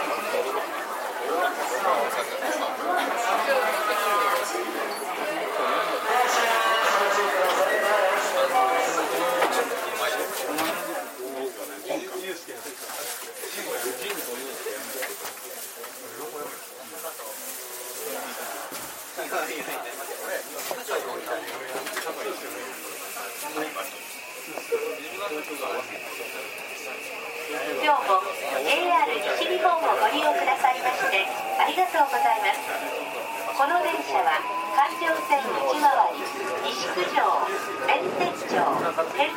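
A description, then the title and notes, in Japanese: Aboard a JR 323 series train around Momodani, passengers talk in a steady murmur of voices through the first half. From about 22 seconds a high steady whine appears, and near 28 seconds a rising tone climbs as the train accelerates, with running noise growing louder. JR323系 桃谷→桃谷。朝早くに乗車して録音しましたが、そこそこ乗客がおり、少し声が聞こえます。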